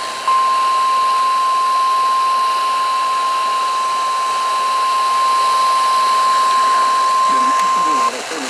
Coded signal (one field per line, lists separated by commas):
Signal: Emergency Alert System (SAME) tones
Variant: 1050 Hz attention tone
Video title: INALIENABLE SEVERITY... Severe Weather EAS Alerts from July 3rd, 2025 SLGT Risk (EAS #2,067-2,103)